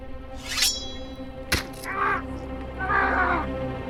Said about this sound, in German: Da, hinter dir, ist ja der Vogel wieder. Verstehst du ihn nun?